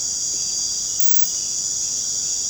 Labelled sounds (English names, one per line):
none